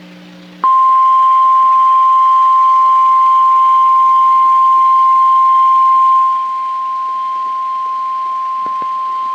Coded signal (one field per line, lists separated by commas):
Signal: Emergency Alert System (SAME) tones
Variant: 1050 Hz attention tone